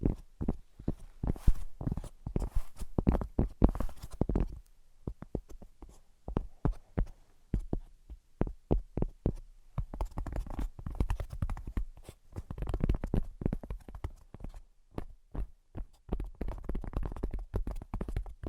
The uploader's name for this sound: Brain Penetrating 3D Tapping